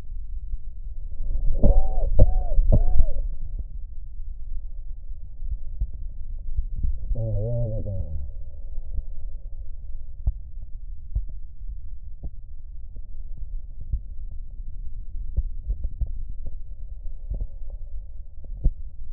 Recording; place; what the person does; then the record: lung sounds by stethoscope; right posterior basal chest; quiet breathing, then cough and speech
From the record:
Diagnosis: COPD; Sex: male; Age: 60 years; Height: 171 cm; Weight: 59.4 kg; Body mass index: 20.3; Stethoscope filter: extended mode